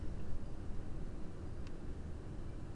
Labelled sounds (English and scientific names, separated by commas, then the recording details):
none
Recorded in Germany
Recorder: ecoPi